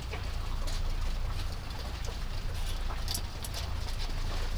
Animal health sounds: poultry house recording; sick chickens (respiratory disease)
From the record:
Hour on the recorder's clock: 0

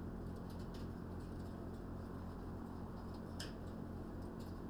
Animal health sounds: poultry house recording; no chicken sound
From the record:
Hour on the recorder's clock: 20

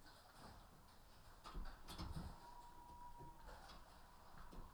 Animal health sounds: poultry house recording; healthy chickens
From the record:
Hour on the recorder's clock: 14

